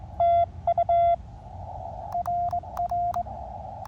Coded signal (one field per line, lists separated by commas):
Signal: Morse code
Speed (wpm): 25 wpm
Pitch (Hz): 690 Hz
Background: none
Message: TU R R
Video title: Cootie Key Morse Code CW POTA activation of Lowden State Park, Oregon IL with K9NUD 3 of 3 that day